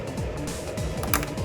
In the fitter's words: Yeah, that's a good click when you hear that.